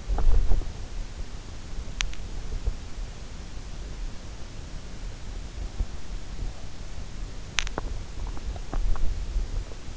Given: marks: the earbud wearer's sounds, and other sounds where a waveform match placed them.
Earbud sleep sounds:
sounds in sleep by an in-ear microphone; teeth grinding, swallowing
0.00-0.93 s: teeth grinding
1.84-2.18 s: teeth grinding
7.42-9.47 s: swallowing

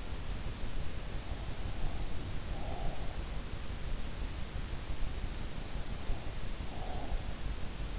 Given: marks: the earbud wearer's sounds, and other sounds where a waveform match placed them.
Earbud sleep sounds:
sounds in sleep by an in-ear microphone; breath
2.00-3.60 s: breath
6.36-7.83 s: breath

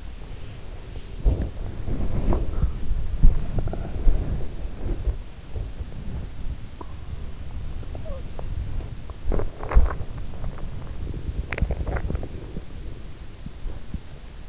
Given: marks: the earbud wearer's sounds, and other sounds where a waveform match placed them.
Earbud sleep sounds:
sounds in sleep by an in-ear microphone; body movement, talking in sleep, teeth grinding
0.00-14.49 s: body movement
7.98-8.38 s: talking in sleep
9.14-10.21 s: teeth grinding
11.24-12.58 s: teeth grinding

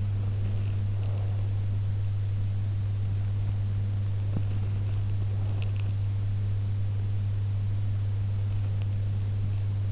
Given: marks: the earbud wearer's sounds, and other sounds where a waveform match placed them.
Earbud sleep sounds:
sounds in sleep by an in-ear microphone; breath, teeth grinding
0.00-1.72 s: breath
4.23-4.51 s: teeth grinding
4.51-6.13 s: breath

